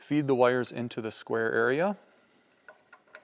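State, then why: Seated. Someone talks, then an auxiliary power outlet, its wires already fed through, is pushed into the square punched-out hole in the sheet-metal housing of a MAG-8200 lawn mower blade sharpener. Faint ticks come at 2.7 s and 2.9 s, and a sharp click at 3.2 s marks the outlet snapping into place, seated.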